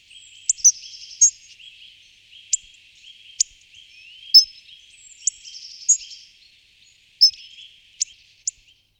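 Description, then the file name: Hawfinch uttering short, explosive, high tik notes, some in quick pairs, mixed with brief twittering and a constant high-pitched background buzz. "Frosone"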